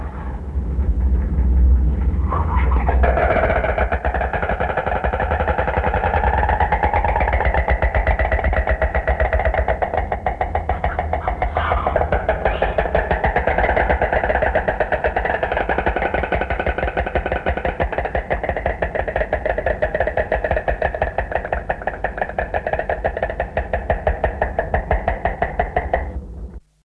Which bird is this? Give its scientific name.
Ciconia ciconia